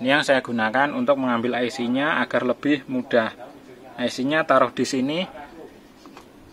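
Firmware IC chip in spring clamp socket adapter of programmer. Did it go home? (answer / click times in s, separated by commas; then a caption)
yes / 6.1 s, 6.2 s. Someone talks while a 16 MB 3 V flash memory firmware IC for a Toshiba 32P2300VJ LED TV with a Samsung panel is picked up with tweezers and placed in a spring-loaded clamp socket adapter on a programmer. The adapter is pressed down and then released. Two faint plastic clicks at 6.1 s and 6.2 s mark the clamp locking automatically and the chip seating.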